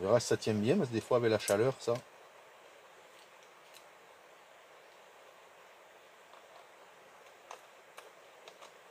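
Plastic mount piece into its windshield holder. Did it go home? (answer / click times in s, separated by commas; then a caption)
no / none. Someone talks for the first two seconds while fitting a plastic windshield mount part into its windshield holder. After that, only faint handling ticks are heard over low background noise, around 3.8, 7.5, 8.0 and 8.5 seconds. The part is still being handled and nothing has clipped in or seated yet.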